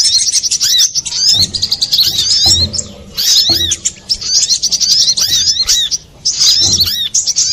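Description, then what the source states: Little spiderhunter song: dense bursts of high, sharp chirps and arched whistled notes, tumbling rapidly with brief pauses, some low soft thumps underneath. Master recording for training cage birds, labelled Labaik.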